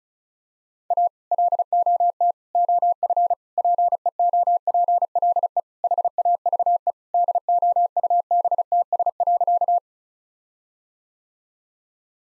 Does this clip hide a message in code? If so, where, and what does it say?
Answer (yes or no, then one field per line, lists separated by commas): yes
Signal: Morse code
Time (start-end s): 0.9-9.8 s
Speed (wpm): 34 wpm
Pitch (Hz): 700 Hz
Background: none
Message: A LOT OF PEOPLE HAVE DOUBTS.